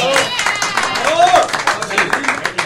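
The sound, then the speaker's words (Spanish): An audience applauds the decorators with dense, steady clapping for a few seconds, the sound staying loud throughout, with a brief rising whistle or cheer and murmuring voices mixed into the crowd. “Un aplauso.”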